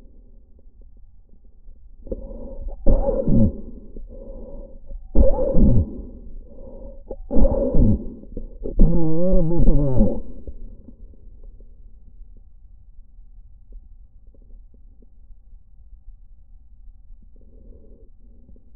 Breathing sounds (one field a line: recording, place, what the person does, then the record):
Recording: lung sounds by stethoscope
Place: trachea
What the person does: quiet breathing, then cough and speech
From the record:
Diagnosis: COPD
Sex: male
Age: 77 years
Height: 172 cm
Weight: 85.2 kg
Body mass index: 28.8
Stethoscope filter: diaphragm mode